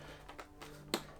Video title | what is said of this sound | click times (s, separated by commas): Crazy Jan online pickups!!! | and locks in place just a bit you | 0.9 s